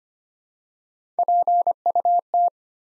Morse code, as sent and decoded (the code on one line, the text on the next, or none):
.--. ..- -
PUT